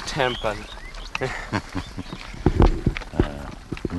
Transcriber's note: chuckles